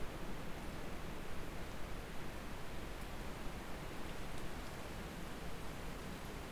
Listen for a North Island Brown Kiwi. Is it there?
no